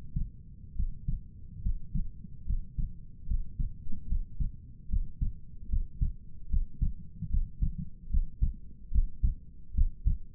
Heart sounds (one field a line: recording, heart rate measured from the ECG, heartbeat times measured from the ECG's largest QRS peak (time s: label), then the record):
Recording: heart sounds by stethoscope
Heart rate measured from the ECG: 73 bpm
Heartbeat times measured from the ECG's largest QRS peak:
0.75 s: heartbeat
1.62 s: heartbeat
2.46 s: heartbeat
3.27 s: heartbeat
4.08 s: heartbeat
4.89 s: heartbeat
5.69 s: heartbeat
6.50 s: heartbeat
7.30 s: heartbeat
8.10 s: heartbeat
8.92 s: heartbeat
9.74 s: heartbeat
From the record:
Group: healthy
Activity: breath hold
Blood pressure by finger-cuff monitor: 84/59 mmHg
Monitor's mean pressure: 67 mmHg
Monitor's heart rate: 74 bpm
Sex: male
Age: 22 years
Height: 181 cm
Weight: 79 kg